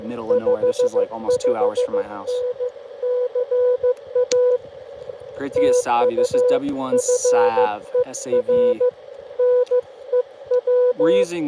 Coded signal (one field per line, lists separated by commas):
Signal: Morse code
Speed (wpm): 16 wpm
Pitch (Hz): 500 Hz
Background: speech, radio noise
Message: 55N CA TU FER NEW